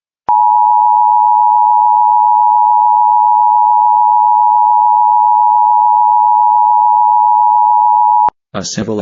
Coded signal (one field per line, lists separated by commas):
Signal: Emergency Alert System (SAME) tones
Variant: 853 and 960 Hz attention tone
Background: speech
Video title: Better quality voice! LAE (EAS 90) (We made it!) (10 more EAS videos before the 💯 EAS)